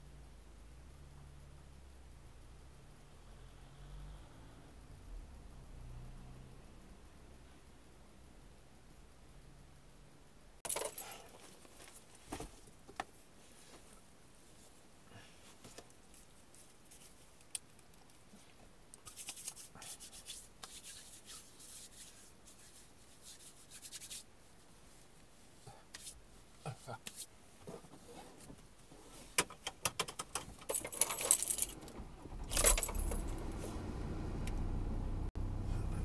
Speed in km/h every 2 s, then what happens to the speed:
0, 0, 0, 0, 0, 0, 0, 0, 0, 0, 0, 0, 0, 0, 0, 0, 0, 0.
0-36 standing.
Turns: none.